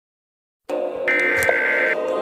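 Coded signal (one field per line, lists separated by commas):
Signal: Emergency Alert System (SAME) tones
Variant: header bursts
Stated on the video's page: Fictional EAS scenario, not a real broadcast alert.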